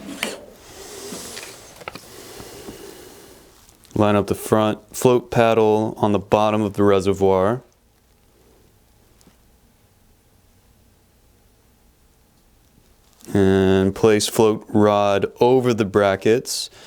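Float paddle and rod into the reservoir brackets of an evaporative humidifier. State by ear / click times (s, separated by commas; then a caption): not seated / none. A plastic float paddle and rod are lined up on the bottom of a Honeywell evaporative humidifier's reservoir and set over the brackets, with only faint handling sounds while someone talks. Nothing has clicked into the brackets yet.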